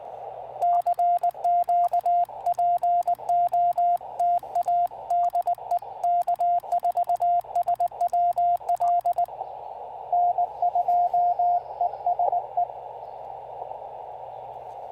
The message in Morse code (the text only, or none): CQ POTA DE K4SWL N2ESE